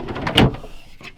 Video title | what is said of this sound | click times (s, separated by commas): 'TREVOR' - The Ultimate Off grid Camper - Full Van Tour | they latch again with these Marine latches so they they don't come open when you're driving at all | 0.4 s